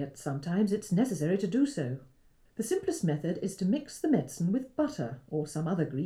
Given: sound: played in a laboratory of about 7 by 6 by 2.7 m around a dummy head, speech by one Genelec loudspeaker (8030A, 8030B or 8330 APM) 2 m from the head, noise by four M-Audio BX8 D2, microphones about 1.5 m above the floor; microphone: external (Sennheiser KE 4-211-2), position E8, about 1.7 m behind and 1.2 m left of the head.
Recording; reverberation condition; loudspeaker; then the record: female speech in English; low; 120 degrees to the left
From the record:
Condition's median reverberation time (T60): about 310 ms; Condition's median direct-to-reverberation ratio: about 3.5 dB